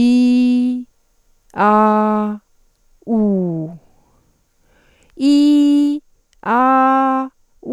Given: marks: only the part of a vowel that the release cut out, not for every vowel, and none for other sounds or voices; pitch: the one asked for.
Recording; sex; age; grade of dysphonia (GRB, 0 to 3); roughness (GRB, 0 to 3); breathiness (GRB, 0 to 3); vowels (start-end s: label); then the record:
sustained vowels; female; 40 to 49 years; 0; 0; 0
0.00-0.71 s: vowel /i/, normal pitch
1.64-2.26 s: vowel /a/, normal pitch
3.12-3.63 s: vowel /u/, normal pitch
5.25-5.92 s: vowel /i/, high pitch
6.52-7.20 s: vowel /a/, high pitch
From the record:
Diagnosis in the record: recurrent laryngeal nerve paralysis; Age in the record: 46 years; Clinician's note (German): Links, kompensiert